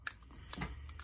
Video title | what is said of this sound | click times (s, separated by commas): Review: Titan Class Autobot Ark (Transformers Kingdom) | And you push it in, you'll snap into place. | 0.1 s